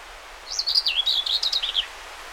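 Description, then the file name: Common whitethroat giving a single quick, scratchy, chattering song phrase of just over a second, high and jerky, with faint background noise. Recorded 20 May 2009. "20090520 whitethroat"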